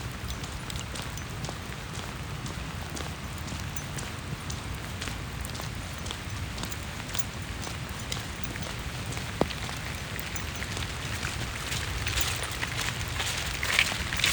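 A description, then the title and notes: Rain falls steadily on a street and the leaves of trees, a dense patter of many small drops with frequent sharp ticks throughout. A low rumble runs underneath, and the rain grows slightly louder and brighter over the last few seconds. We've had an unseasonably large amount of rain this fall and winter in Phoenix, Arizona. The rain was pretty loud in the street and landing on the leaves of trees.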